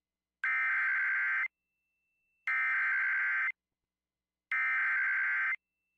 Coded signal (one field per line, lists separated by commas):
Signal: Emergency Alert System (SAME) tones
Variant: header bursts